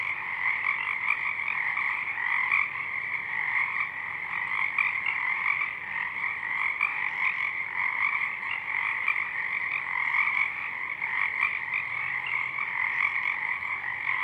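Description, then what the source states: Pacific chorus frogs in a steady, crowded chorus, countless ratchety croaks overlapping into an unbroken rasping wall of sound. Chorus of many frogs at dusk, already out in full bloom; downmixed to stereo from a double mid-side recording; frogs highlighted in a separate parabolic track are heard mainly in the left channel.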